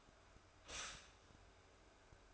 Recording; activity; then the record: daily activity, microphone in the room; stop toaster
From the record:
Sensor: 2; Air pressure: 1014.6 hPa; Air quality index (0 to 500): 197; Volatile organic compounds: 20 ppm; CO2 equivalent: 2701 ppm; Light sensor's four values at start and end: 4/9/3/3 and 4/9/3/3